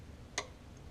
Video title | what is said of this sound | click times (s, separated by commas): How to Change Oil, Oil Filter & Air Filter - Step by Step 2006 Jeep Grand Cherokee WK. | If you've never used a torque wrench before, hear that click? That means it's 25 foot-pounds. | 0.4 s